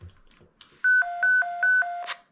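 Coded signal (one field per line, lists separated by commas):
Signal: roger beep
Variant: CRT 7900 factory default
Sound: short melodic beep: high tone three times, each dropping to a low tone, then hiss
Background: radio squelch tail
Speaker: donc là voilà, il n'y en a que 5 hein. Voilà, donc comme à sa sortie d'usine, et ils sont revenus voilà.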